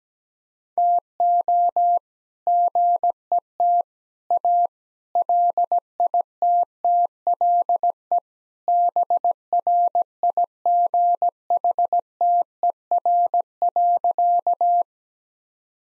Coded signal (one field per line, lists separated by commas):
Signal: Morse code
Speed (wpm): 17 wpm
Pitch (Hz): 700 Hz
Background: none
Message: TO GET A LITTLE BRIGHTER.